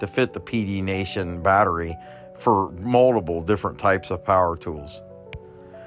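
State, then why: Seated. A battery adapter slides onto a power tool battery and latches with a sharp click at 5.3 s. Someone talks over background music beforehand. The adapter is seated, and the fit feels sturdy.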